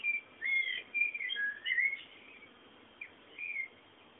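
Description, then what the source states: Bird song of clear whistled notes and chirps in quick succession, pausing briefly before a few more whistles. Bird sounds presented as background ambience.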